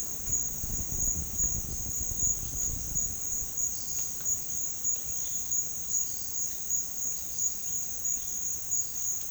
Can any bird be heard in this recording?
no